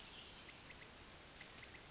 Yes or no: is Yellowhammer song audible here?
no